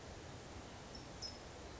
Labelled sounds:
California Towhee
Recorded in Sonoma County, California

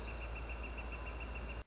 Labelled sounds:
Northern Flicker
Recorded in Sonoma County, California

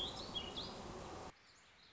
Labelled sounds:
Warbling Vireo
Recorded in Sonoma County, California

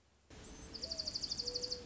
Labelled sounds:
Dark-eyed Junco
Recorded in Sonoma County, California

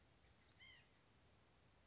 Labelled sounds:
White-breasted Nuthatch
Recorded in Sonoma County, California

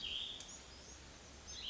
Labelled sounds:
Cassin's Vireo
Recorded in Sonoma County, California

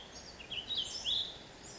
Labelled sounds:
Ash-throated Flycatcher
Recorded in Sonoma County, California

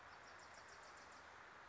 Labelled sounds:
Wilson's Warbler
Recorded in Sonoma County, California

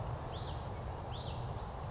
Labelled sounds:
Hutton's Vireo
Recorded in Sonoma County, California

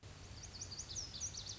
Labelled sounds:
Lazuli Bunting
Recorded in Sonoma County, California

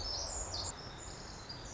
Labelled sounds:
Pacific Wren
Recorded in Sonoma County, California

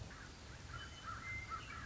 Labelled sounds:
Western Meadowlark
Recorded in Sonoma County, California

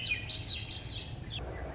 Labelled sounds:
Swainson's Thrush
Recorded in Sonoma County, California

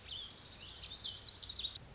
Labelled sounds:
Lazuli Bunting
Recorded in Sonoma County, California

